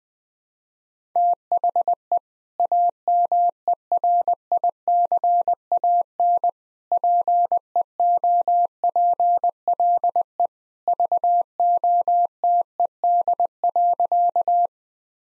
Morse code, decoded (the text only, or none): THE AMERICAN PEOPLE VOTED.